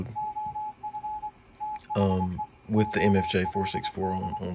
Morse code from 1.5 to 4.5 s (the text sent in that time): THE OLD